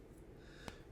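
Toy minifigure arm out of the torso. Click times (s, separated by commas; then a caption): 0.7 s. A plastic toy minifigure arm is popped off its torso, with the arms already loose. Against a quiet background, a single short, sharp click sounds at 0.7 s as the arm releases.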